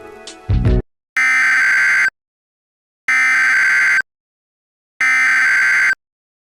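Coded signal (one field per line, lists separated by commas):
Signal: Emergency Alert System (SAME) tones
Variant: header bursts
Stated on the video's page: Fictional EAS scenario, reuploaded.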